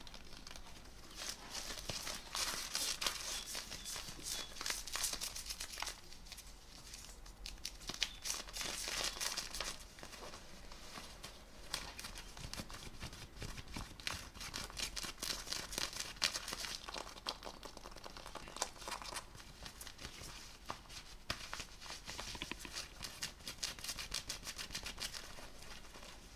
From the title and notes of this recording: ASMR - FABRIC SCRATCHING(Jeans shirt skin scratching, belt sounds).